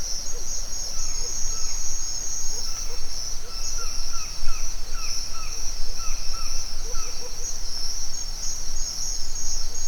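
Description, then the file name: Crickets keep up a dense, even high trill, with repeated soft notes from other animals throughout. Forest at dawn in Mexico. "nature ambience forest dawn owl birds crickets insects mexico"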